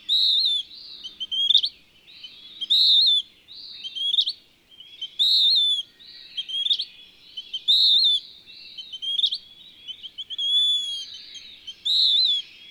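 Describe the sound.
Bird repeating high whistled phrases and quick rising chip notes in turn, background faint and steady.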